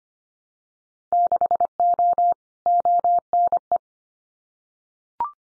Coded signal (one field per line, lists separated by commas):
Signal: Morse code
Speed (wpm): 25 wpm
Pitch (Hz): 700 Hz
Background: none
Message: 6O ONE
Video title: Winter Field Day Exchange Encore 25wpm